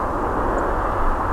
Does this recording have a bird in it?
yes